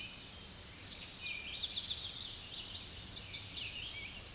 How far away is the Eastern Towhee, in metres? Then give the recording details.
about 20 m. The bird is about 5 m above the microphone. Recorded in a Pennsylvania forest on 16 May 2024 at 07:51. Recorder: AudioMoth, point MSD-0407. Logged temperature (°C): 15.8 °C. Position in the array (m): 95 m, 157 m